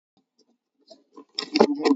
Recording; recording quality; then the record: heavy voluntary cough; poor, much background noise or distortion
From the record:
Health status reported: COVID-19 positive, moderate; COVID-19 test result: positive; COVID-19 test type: RT-PCR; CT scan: not taken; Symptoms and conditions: cough, cold, sore throat, fatigue, loss of smell and taste, diabetes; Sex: female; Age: 58 years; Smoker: no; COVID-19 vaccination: none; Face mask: worn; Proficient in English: yes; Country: India